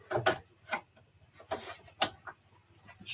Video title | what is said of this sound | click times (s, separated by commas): Part 1- Thursday Night Embroidery Check-in!! | while struggle is real y'all still didn't catch so | none